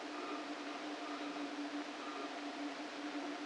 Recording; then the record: brain microelectrode recording played as sound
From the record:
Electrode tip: outside the subthalamic nucleus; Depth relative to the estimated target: 3 mm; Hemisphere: right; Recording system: NeuroSet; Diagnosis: Parkinson's disease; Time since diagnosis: 13 years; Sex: male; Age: 49 years